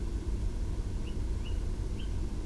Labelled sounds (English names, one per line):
Tawny Owl